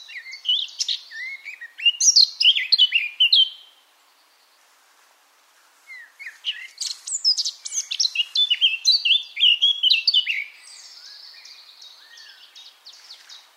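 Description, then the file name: Eurasian blackcap song: fast, varied warbling phrases of chattering and clear whistled notes, two bursts separated by a short pause, ending in a quieter scratchy run. "Sylvia atricapilla"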